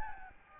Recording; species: mosquito wingbeat signal from an infrared sensor; Aedes albopictus